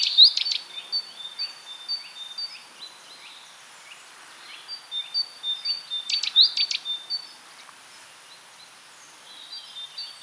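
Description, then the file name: Great tit calls: bursts of sharp clicks followed by thin, repeated high notes, with a second click burst in the middle and soft chatter after. "Parus major"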